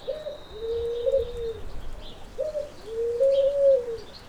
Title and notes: Nos encontramos a Pere mientras estoy grabando a unas tórtolas y nos explica como és el sonido que generan y lo que le gusta escucharlas.